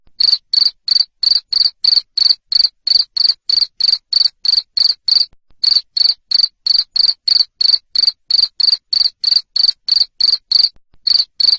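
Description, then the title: Cricket's steady rasping chirps repeat about three times a second, broken by brief gaps just before halfway and near the end. Loud cricket chirping used to stimulate lovebirds into continuous chattering song. "Suara JANGKRIK NGERIK Keras Bikin LOVEBIRD Jadi NGEKEK Terus Vubey"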